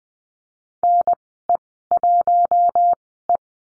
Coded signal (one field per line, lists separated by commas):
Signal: Morse code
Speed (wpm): 20 wpm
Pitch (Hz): 700 Hz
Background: none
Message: NE1E